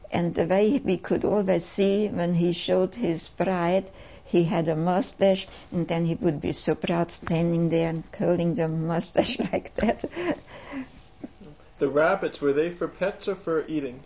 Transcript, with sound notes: and the way we could always see when he showed his pride, he had a moustache and then he would be so proud standing there curling the moustache like that (she laughs)
The rabbits, were they for pets or for eating?